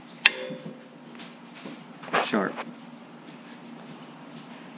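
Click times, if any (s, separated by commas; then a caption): 0.3 s. A metal cutterhead on a Bauer benchtop wood planer is rolled by hand until its spring locking pin drops into its detent in the planer body and holds it still. A sharp metallic click lands at 0.3 s, and someone talks afterward. The cutterhead is locked in place.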